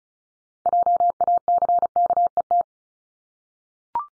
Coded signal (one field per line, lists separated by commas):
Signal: Morse code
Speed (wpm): 36 wpm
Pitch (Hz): 700 Hz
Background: none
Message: JACKET